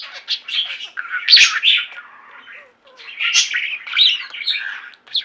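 Budgerigar chatter with loud harsh squawks and chirpy warbling in two bursts separated by a brief pause near the middle.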